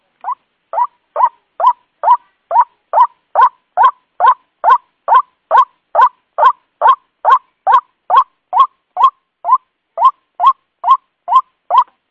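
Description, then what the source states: White-breasted waterhen giving a long even run of rising, slightly harsh notes, about two every second, with one brief pause near the end. Lure call used to attract the bird.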